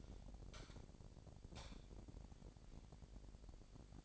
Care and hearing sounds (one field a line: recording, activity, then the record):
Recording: daily activity, microphone in the room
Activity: light on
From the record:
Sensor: 5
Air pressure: 1012.0 hPa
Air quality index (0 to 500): 246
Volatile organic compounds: 4 ppm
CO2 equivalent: 1703 ppm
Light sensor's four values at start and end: 41/95/40/42 and 42/101/42/44